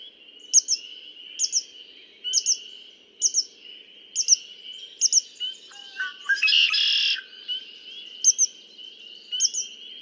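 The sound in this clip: Red-winged blackbird song: a burst of harsh, buzzy trilling midway, amid high paired chip notes repeating about every second over a steady thin tone.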